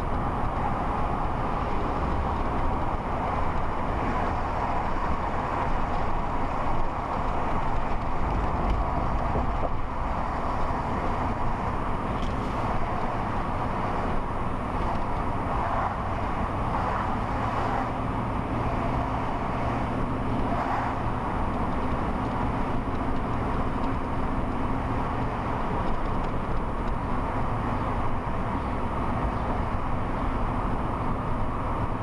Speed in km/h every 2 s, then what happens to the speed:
56, 55, 55, 53, 50, 48, 48, 44, 44, 47, 48, 50, 50, 50, 52, 52.
0-14 slows to 44. 14-32 steady at about 50.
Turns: none.